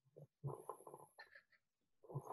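Quiet, rough, low rumbling sounds come in short bursts, with a longer burst of about three-quarters of a second. This is light snoring from a sleeping baby boy of about 7 kg, strapped to his mother's body, soft and close to the microphone, with brief quiet gaps between the noisy breaths.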